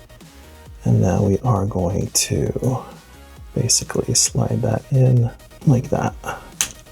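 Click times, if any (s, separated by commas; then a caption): 6.6 s. A plastic foot piece is slid into the leg of a combining robot toy while someone talks. A short, sharp click at 6.6 s marks the foot clicking home and seating in the leg.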